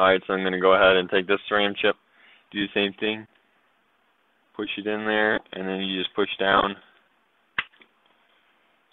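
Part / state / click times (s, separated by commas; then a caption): RAM module into laptop memory slot / seated / 7.6 s. A second RAM module is pushed into the memory slot of a MacBook laptop and pressed down while someone talks. A sharp click at 7.6 s marks it snapping into place, fully seated.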